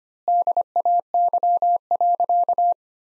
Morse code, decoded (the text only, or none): DAY.